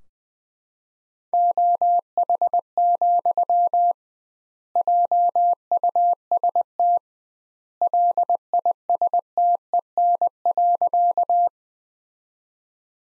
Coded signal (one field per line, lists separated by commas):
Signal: Morse code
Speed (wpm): 21 wpm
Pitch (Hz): 700 Hz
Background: none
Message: OH, JUST LISTEN.